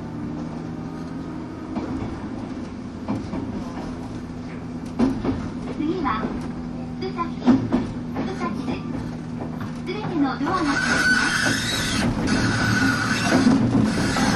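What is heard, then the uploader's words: A train on the Bantan Line runs with a steady low rumble and a constant droning hum. Scattered clicks and rattles from the wheels break through, and a few voices murmur over it. From about ten seconds a brighter hiss rises and stays to the end. 103系 播但線普通 01/01:姫路～寺前. The train running sound on the Bantan Line.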